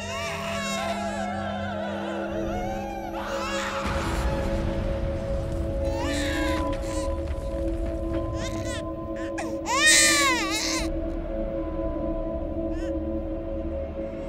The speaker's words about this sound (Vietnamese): Có tiếng người đàn bà khóc lóc thê thiết vang lên. Lẫn trong đó, loáng thoáng ở bên ngoài nghĩa địa, có tiếng trẻ con khóc choe choé, cứ như là cả hai đang cộng hưởng với nhau vậy.